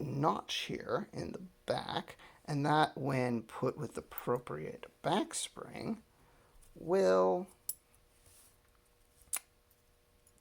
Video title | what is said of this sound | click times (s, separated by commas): Wenger Swiss Army Knife Mod; Tradesman and Backpacker into "Camp Fire Chief" | will sorry lock into place just like this and that provokes a lock on the | 9.3 s